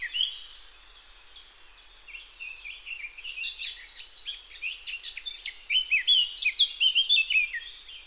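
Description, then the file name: Eurasian blackcap singing a rapid stream of scratchy warbling notes that builds into louder, clear fluting whistles toward the end; no other sounds stand out. "Sylvia atricapilla"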